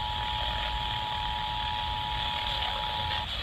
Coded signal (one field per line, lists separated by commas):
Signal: Emergency Alert System (SAME) tones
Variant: 853 and 960 Hz attention tone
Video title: First Monthly of 2023.... Florida Required Monthly Test for January 2023 (1/20/23) (EAS # 1595-1607)